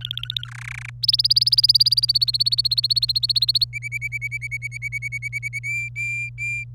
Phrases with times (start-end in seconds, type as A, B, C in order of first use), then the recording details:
0.01-0.47 A, 0.48-0.90 B, 1.03-3.64 C, 3.73-5.59 D, 5.63-6.64 E. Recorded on 27 April 2018 at 15:25. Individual llb3